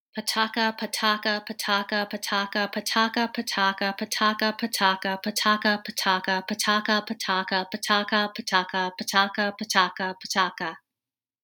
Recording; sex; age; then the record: repeated syllables /pa ta ka/; female; 30 to 39 years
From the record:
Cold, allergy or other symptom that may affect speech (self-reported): no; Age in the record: 35 years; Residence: United States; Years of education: 17